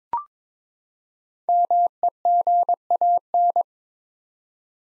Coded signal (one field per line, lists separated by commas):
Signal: Morse code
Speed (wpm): 21 wpm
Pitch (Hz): 700 Hz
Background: none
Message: MEGAN